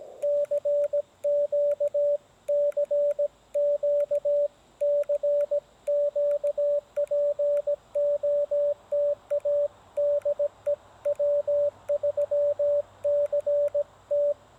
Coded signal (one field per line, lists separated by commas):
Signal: Morse code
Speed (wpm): 17 wpm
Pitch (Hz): 580 Hz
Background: radio noise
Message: CQ CQ CQ POTA DE W3CT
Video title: How to Easily and Quickly Deploy A Field Antenna for Ham Radio